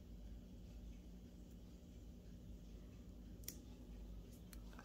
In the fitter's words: satisfying click